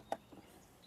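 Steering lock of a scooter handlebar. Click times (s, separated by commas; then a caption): 0.1 s. A smart-key knob on a Honda Click125 V4 Smart Edition scooter is pushed and turned to the lock position, and the handlebar steering lock engages with a sharp click at 0.1 s. A fainter tick follows near 0.8 s, and the handlebar is confirmed locked.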